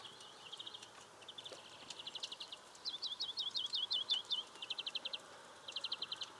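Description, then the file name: European greenfinch song of repeated short trills and a rhythmic series of upslurred chirps, in several bursts over steady background hiss. "Chloris chloris"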